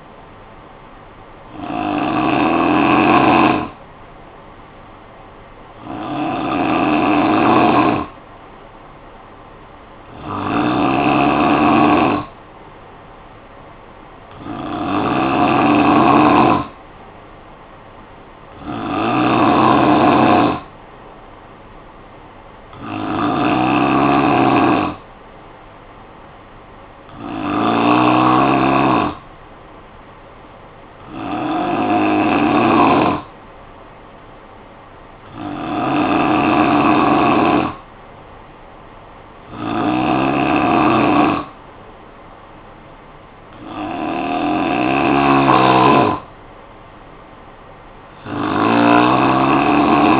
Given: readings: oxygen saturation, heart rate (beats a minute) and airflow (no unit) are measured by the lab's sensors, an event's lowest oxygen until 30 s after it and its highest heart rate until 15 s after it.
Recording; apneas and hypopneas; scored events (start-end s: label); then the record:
breathing in sleep by a voice recorder at the bedside; 1
23.00-40.20 s: hypopnea (N3, oxygen 92% highest, then 89% lowest, heart rate 52 at the start, 60 highest)
From the record:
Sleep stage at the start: N3 (deep sleep); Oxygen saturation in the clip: 85 to 92%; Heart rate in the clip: 52 to 60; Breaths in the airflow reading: 11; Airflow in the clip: -7.5 to 3.9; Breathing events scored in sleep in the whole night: 445 in 7.6 hours asleep